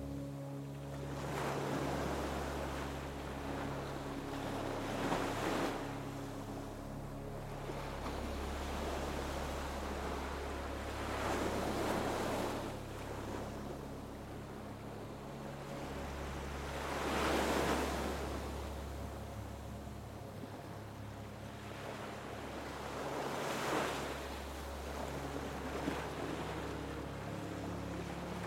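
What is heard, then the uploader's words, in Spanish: Soft, slow music with low sustained tones holds steady underneath gentle ocean waves. The surf swells and recedes every few seconds, with fuller washes around 12, 17 and 23 seconds, while the deep notes shift only slowly throughout. La armonía de nuestra música suave y el sonido tranquilizador de las olas.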